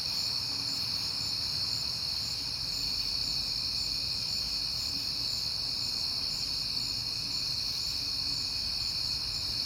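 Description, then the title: Cricket chorus, a constant high ringing trill with several overlapping pitches, over soft low-frequency rumble. Crickets recorded at night in September on a peaceful night, with passing cars. "Night Time: Crickets and Passing Cars"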